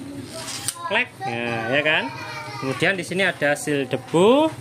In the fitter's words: nah kemudian kita putar ceklek gitu suaranya kalau sudah pas